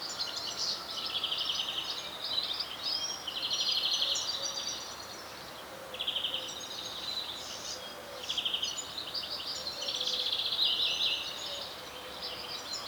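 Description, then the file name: European greenfinch twittering calls, rapid trilled bursts with brief pauses between them, against constant background noise. "Chloris chloris"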